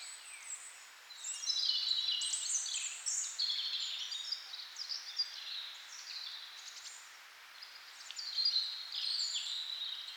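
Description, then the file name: Birdsong, high twittering and whistled notes tumbling together, briefly easing off before another loud burst. "melodiez vogels"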